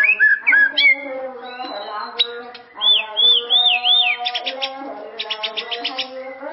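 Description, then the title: White-rumped shama song with looping whistled notes, a chain of wavering rising-falling whistles, then quick clicking repeated notes, against a steady low hum. "murai batu"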